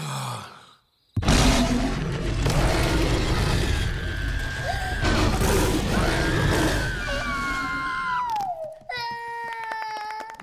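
A monster's roar from the film Monsters Inc. (Hungarian dub), let out as a real roar in a scare simulation, bursts out after a brief silence, loud and rasping, sustained for about seven seconds before its pitch slides downward and it trails into a shorter, whining tonal cry.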